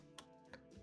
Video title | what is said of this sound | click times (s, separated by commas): Vepr 12 Show and Tell | voila, now it's locked. | 0.2 s